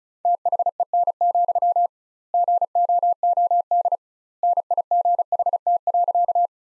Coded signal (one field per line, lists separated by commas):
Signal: Morse code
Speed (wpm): 34 wpm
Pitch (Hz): 700 Hz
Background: none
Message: THEN, GOOD NIGHT.